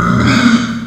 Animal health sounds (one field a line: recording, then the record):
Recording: squeal of a Yucatan mini pig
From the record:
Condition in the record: after surgery on the right vocal fold (resection and tissue-engineered implant)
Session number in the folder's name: 11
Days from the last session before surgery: 98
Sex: female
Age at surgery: 19 weeks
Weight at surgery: 25 kg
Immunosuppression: prednisolone